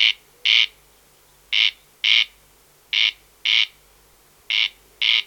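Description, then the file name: Corn crake song: dry, rasping double notes, 'crex-crex', with each pair repeated roughly every one and a half seconds over a quiet background. "Wachtelkönig Crex crex - Gesang (Bergmann)"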